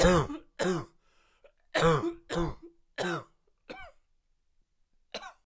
Man Coughing.